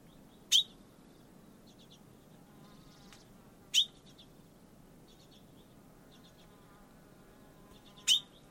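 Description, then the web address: Bird giving three sharp, abrupt chip notes several seconds apart, with faint softer chirps in between over a quiet background. "Deverinetal 2025 File origin Bird Only Fr Co"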